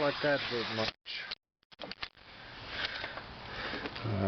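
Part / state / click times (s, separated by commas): rusted steel nut on a farm machine bolt / stripped / 2.0 s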